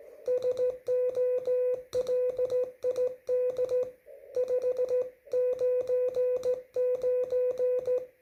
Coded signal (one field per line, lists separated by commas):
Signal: Morse code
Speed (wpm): 15 wpm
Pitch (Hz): 500 Hz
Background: none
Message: SOLID 599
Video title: CW (MORSE CODE) SLOW SPEED QSO QRP 2021.10.26 17:51Z USA